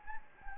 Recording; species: mosquito wingbeat signal from an infrared sensor; Anopheles gambiae